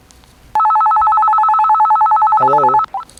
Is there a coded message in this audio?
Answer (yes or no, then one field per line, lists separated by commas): no